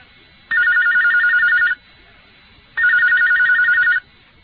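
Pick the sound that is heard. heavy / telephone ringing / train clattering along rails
telephone ringing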